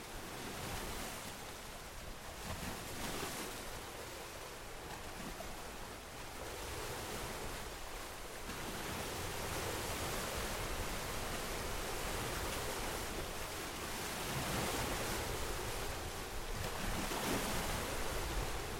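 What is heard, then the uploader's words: Surf rolls in on a lake shore, a dense, steady wash of breaking water that fills the clip. The sound swells gradually louder from about the eighth second onward, with soft surges recurring every few seconds and some wind rumbling low underneath. Lake Michigan Surf at Headlands International Dark Sky Park.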